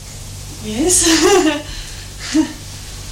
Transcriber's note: laughter